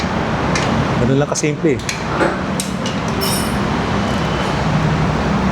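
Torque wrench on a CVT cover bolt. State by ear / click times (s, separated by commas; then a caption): torque reached / 2.6 s. A click-type torque wrench set to 10 N·m tightens a bolt on the CVT cover of a Honda ADV 160 scooter. Someone talks over a steady background hum, and the wrench gives a sharp click at 2.6 s, showing the bolt has reached its set torque.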